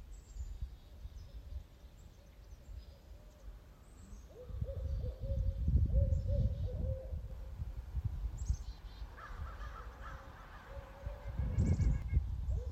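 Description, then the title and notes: Barred Owl hooting, a run of mellow, slightly wavering hoots, then a later short series, with brief high chirps from other birds and low rumbling background noise. Pair of Barred Owls deep in woods calling back and forth to each other, 'Who cooks for you? Who cooks for you-all?', in spring, 5 April 2023. "a pair of Barred Owls stationed themselves deep in the woods and called, “Who cooks for you? Who cooks for you-all?” back and forth to each other."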